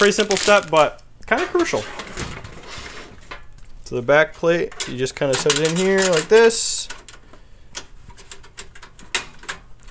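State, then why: Seated. A motherboard's rear I/O backplate, a thin stamped metal shield, is set into the PC case's rear opening and pressed until it snaps in. Someone talks at first, then a series of light metallic taps and clicks follows as the plate is worked into place. It pops in and seats with a sharp snap at 9.2 s.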